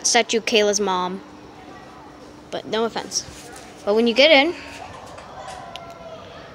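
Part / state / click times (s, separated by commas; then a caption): electronic door lock on a hotel room door / released / 5.8 s. Someone talks over background noise, then the electronic door lock on a hotel room door gives a single sharp click at 5.8 s. The lock is unlocked and releases so the door can be opened.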